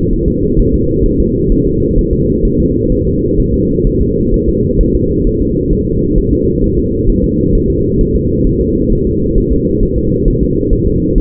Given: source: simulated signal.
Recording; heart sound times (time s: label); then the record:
fetal heart sounds
0.13 s: S1
0.28 s: S2
0.59 s: S1
0.74 s: S2
1.06 s: S1
1.20 s: S2
1.52 s: S1
1.67 s: S2
1.98 s: S1
2.13 s: S2
2.45 s: S1
2.60 s: S2
2.92 s: S1
3.07 s: S2
3.40 s: S1
3.54 s: S2
3.87 s: S1
4.02 s: S2
4.34 s: S1
4.49 s: S2
4.81 s: S1
4.95 s: S2
5.27 s: S1
5.42 s: S2
5.73 s: S1
5.87 s: S2
6.18 s: S1
6.33 s: S2
6.64 s: S1
6.79 s: S2
7.09 s: S1
7.24 s: S2
7.55 s: S1
7.70 s: S2
8.01 s: S1
8.16 s: S2
8.47 s: S1
8.62 s: S2
8.92 s: S1
9.07 s: S2
9.38 s: S1
9.53 s: S2
9.83 s: S1
9.98 s: S2
10.28 s: S1
10.43 s: S2
10.73 s: S1
10.88 s: S2
11.18 s: S1
From the record:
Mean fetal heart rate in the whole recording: 130 bpm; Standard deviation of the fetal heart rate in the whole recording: 4 bpm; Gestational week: 38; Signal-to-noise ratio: -14.7 dB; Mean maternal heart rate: 72 bpm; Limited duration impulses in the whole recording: present